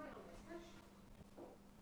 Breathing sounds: one breath near a microphone; exhalation

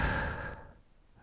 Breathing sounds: one breath near a microphone; exhalation

